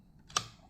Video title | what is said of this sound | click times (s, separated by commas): Hot Toys Robocop MMS204 ED209 RoboCop Restoration: Part 2 - Joint Gaskets | it literally just pops into place there it's not going to fall out | 0.4 s